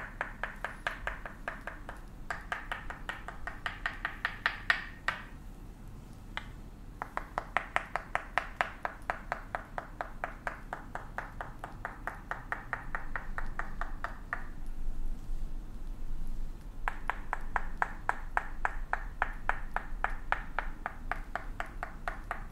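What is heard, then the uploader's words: Tok Sen hammer massage on the back and neck: rapid, regular tapping in quick bursts, each strike a sharp knock with a bright ring. Short pauses break the rhythm near 2, 6, 14 and 16 seconds. A low steady hum sits underneath. ASMR Tok Sen Thai hammer back and neck massage.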